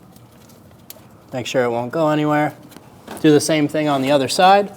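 A plastic locking tab on a headlight wiring connector of a 2016-2025 Chevrolet Malibu 1.5L L4 is pushed down and snaps shut with a sharp click at 0.9 s, seating the connector. Afterward, someone talks.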